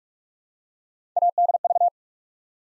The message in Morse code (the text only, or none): ADV